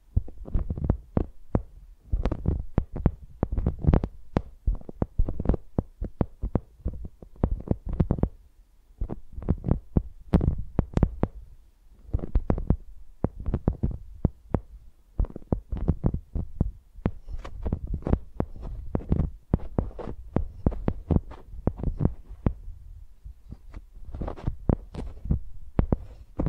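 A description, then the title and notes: Microphones are used like pencils, tapped and dragged so each contact lands as a dull, low thump with a short crisp edge. The hits come in quick uneven clusters throughout, with brief pauses near nine, fourteen and twenty-two seconds, over a faint steady hum. ASMR Using Mics as Pencils (No Talking).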